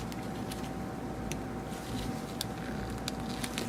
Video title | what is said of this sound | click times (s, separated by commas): Cleaning the Small Foam Herbicide Dispenser from Green Shoots | when you do you hear a little click like that and you can twist it a little bit to make sure it's seated in there | 2.4 s, 3.1 s, 3.4 s, 3.6 s